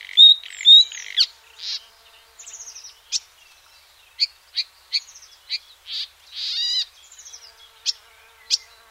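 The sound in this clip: Marsh warbler producing loose, varied phrases: two clear whistled notes, then spaced chips, short buzzes and brief trilled notes with pauses between them.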